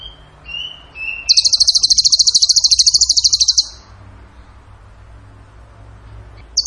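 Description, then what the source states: Bird singing: a few short whistled notes, then a long fast buzzing trill lasting over two seconds, followed by near silence and a brief final burst. Bird training (masteran) song in the tembakan gacor style.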